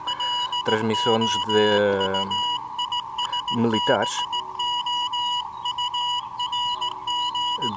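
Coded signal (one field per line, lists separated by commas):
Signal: Morse code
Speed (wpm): 18 wpm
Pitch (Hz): 2900 Hz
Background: speech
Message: LOUISBOURG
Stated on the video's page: Radiotelegraphy from the SAQ station at Grimeton, Sweden, transmitted with the world's only remaining Alexanderson alternator.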